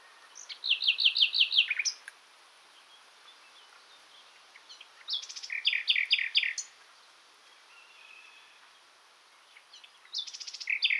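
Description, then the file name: Common nightingale song in separate bursts: a fast repeated chattering phrase, a pause, another rich series of varied notes, then a third phrase starting. "Luscinia megarhynchos"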